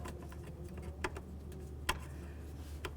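A second plastic engine wiring harness connector is pushed onto its mating part on the intake of a 2009–2020 Dodge Journey during an EGR valve replacement. Over a steady low hum with faint handling ticks, a sharp click sounds at 1.9 s as the connector seats and locks in.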